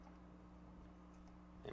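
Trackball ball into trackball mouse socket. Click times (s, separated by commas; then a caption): 1.7 s. The removed ball of a trackball mouse is pressed back into its cradle over a steady low hum. A single soft hit at 1.7 s marks the ball popping back into its socket and seating.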